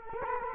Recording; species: mosquito wingbeat signal from an infrared sensor; Culex quinquefasciatus